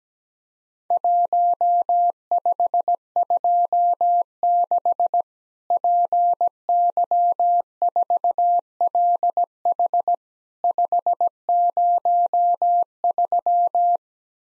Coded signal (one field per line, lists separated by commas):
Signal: Morse code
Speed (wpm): 17 wpm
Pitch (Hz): 700 Hz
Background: none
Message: 1526 PY4LH 503